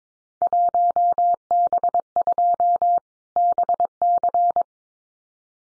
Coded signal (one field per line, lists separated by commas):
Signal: Morse code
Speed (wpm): 22 wpm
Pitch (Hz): 700 Hz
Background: none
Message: 1B2 BC